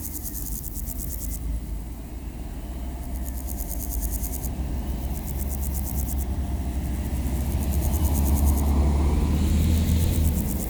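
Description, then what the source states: Pulsed, high grasshopper bursts recur every couple of seconds as a car approaches and the traffic roar swells. Recorded beside the D633 road at Aveize, France, with passing cars; Sony PCM-M10 recorder, Luhd AB microphone position.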